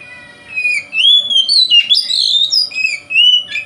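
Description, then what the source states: Oriental magpie-robin singing a rich run of clear whistles, rising and falling, broken by a few harsh, quick notes, with soft background hum. Kacer singing in the konslet style, said to provoke other kacer.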